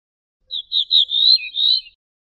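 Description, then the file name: Ortolan bunting song: a short phrase of clear, ringing notes on much the same pitch, with a brief dip to a lower note before a final higher note; about a second and a half long. "suara kicauan ortolan"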